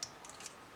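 On a Yiwan Tiankai Type 071 dock landing ship "Suiren" transforming plastic model kit figure, a plastic part is folded inward onto its matching plastic clip and pressed until it latches. A short, sharp click sounds at 0.0 s, followed by two fainter ticks at 0.3 s and 0.5 s. The part is seated and clipped shut.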